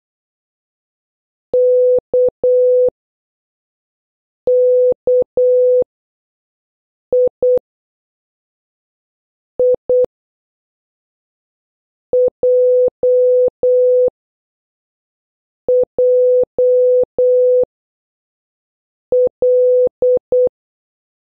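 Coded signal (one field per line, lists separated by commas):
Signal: Morse code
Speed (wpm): 12 wpm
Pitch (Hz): 500 Hz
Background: none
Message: KKI I JJL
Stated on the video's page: Morse practice of letters H to N at slow, medium, then fast speeds.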